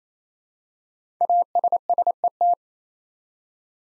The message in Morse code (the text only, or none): ASSET